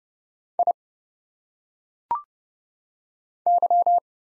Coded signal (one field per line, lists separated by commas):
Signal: Morse code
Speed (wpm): 30 wpm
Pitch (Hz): 700 Hz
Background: none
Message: I Y